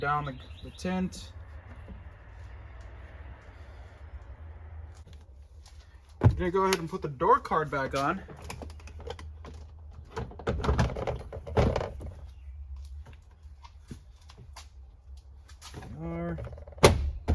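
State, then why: Not seated. Someone talks while an interior door card (trim panel) is handled and lined up to be refitted to a car door, its plastic retaining clip about to be pressed in. Scattered knocks and taps of the panel against the door are heard, the loudest near 10.5 s, 11.8 s and 16.9 s. The clip has not yet popped into place; nothing has seated or clicked.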